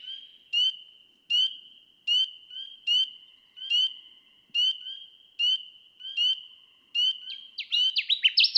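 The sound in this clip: Connecticut warbler song: regular ringing notes repeat almost every second over a constant high whine, ending in a quick burst of sweeping, rising and falling notes.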